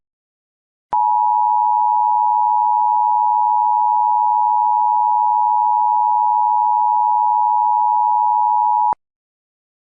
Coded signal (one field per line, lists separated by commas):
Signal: Emergency Alert System (SAME) tones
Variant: 853 and 960 Hz attention tone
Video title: EAS Mock - Zombie Outbreak Redux